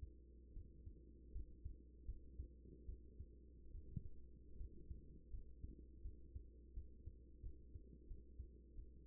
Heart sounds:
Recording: heart sounds by stethoscope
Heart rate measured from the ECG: 80 bpm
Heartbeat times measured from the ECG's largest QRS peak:
0.53 s: heartbeat
1.32 s: heartbeat
2.05 s: heartbeat
2.85 s: heartbeat
3.71 s: heartbeat
4.57 s: heartbeat
5.30 s: heartbeat
6.02 s: heartbeat
6.73 s: heartbeat
7.42 s: heartbeat
8.07 s: heartbeat
8.74 s: heartbeat
From the record:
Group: healthy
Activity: rest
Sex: female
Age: 24 years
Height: 163 cm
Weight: 55.7 kg

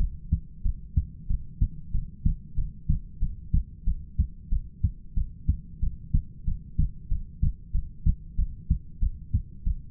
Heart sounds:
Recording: heart sounds by stethoscope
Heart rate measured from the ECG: 93 bpm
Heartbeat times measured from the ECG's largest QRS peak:
0.64 s: heartbeat
1.28 s: heartbeat
1.93 s: heartbeat
2.56 s: heartbeat
3.21 s: heartbeat
3.86 s: heartbeat
4.51 s: heartbeat
5.15 s: heartbeat
5.81 s: heartbeat
6.46 s: heartbeat
7.10 s: heartbeat
7.73 s: heartbeat
8.37 s: heartbeat
9.01 s: heartbeat
9.65 s: heartbeat
From the record:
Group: heart failure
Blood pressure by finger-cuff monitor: 104/67 mmHg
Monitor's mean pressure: 79 mmHg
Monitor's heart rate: 93 bpm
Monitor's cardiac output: 7.8 L/min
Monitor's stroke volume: 83 mL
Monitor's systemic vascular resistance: 730 dyn s/cm5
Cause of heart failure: ischemic heart disease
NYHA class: 1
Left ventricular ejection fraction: 38%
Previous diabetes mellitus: present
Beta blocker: bisoprolol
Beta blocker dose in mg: 15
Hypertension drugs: sacubitril-valsartan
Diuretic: furosemide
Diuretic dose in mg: 20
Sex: male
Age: 33 years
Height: 172 cm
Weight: 78.5 kg

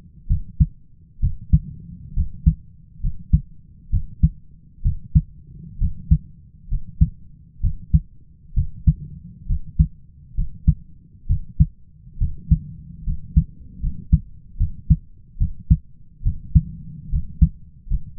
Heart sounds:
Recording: heart sounds by stethoscope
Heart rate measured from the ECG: 68 bpm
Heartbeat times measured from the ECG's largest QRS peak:
0.27 s: heartbeat
1.20 s: heartbeat
2.14 s: heartbeat
3.00 s: heartbeat
3.90 s: heartbeat
4.82 s: heartbeat
5.78 s: heartbeat
6.68 s: heartbeat
7.60 s: heartbeat
8.54 s: heartbeat
9.46 s: heartbeat
10.34 s: heartbeat
11.27 s: heartbeat
12.18 s: heartbeat
13.04 s: heartbeat
13.80 s: heartbeat
14.57 s: heartbeat
15.37 s: heartbeat
16.23 s: heartbeat
17.09 s: heartbeat
17.87 s: heartbeat
From the record:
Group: healthy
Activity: rest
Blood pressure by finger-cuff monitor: 111/74 mmHg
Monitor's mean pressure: 83 mmHg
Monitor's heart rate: 66 bpm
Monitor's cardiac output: 4.6 L/min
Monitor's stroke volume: 69 mL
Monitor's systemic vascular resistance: 1310 dyn s/cm5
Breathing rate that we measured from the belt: 16 breaths a minute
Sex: male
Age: 20 years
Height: 167 cm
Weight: 61 kg

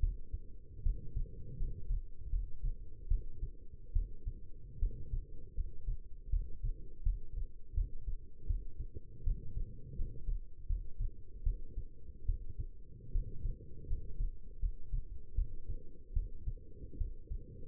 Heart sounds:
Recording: heart sounds by stethoscope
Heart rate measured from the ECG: 78 bpm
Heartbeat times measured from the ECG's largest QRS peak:
0.00 s: heartbeat
0.83 s: heartbeat
1.57 s: heartbeat
2.30 s: heartbeat
3.08 s: heartbeat
3.93 s: heartbeat
4.79 s: heartbeat
5.55 s: heartbeat
6.30 s: heartbeat
7.03 s: heartbeat
7.74 s: heartbeat
8.47 s: heartbeat
9.24 s: heartbeat
9.96 s: heartbeat
10.67 s: heartbeat
11.43 s: heartbeat
12.26 s: heartbeat
13.12 s: heartbeat
13.87 s: heartbeat
14.60 s: heartbeat
15.35 s: heartbeat
16.13 s: heartbeat
16.97 s: heartbeat
From the record:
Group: healthy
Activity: rest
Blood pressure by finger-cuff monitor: 140/79 mmHg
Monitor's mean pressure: 96 mmHg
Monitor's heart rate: 79 bpm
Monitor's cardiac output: 7.1 L/min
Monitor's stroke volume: 89 mL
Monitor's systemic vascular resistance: 990 dyn s/cm5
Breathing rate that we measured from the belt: 15 breaths a minute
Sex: female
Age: 22 years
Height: 171 cm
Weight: 65.6 kg

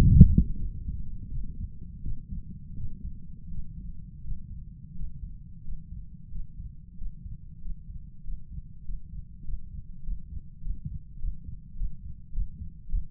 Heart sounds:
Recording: heart sounds by stethoscope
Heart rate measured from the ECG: 93 bpm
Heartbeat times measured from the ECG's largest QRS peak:
0.57 s: heartbeat
1.30 s: heartbeat
2.03 s: heartbeat
2.77 s: heartbeat
3.50 s: heartbeat
4.23 s: heartbeat
4.95 s: heartbeat
5.63 s: heartbeat
6.30 s: heartbeat
6.97 s: heartbeat
7.60 s: heartbeat
8.23 s: heartbeat
8.84 s: heartbeat
9.43 s: heartbeat
10.02 s: heartbeat
10.60 s: heartbeat
11.18 s: heartbeat
11.75 s: heartbeat
12.32 s: heartbeat
12.88 s: heartbeat
From the record:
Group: healthy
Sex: male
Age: 35 years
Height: 178 cm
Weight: 64 kg

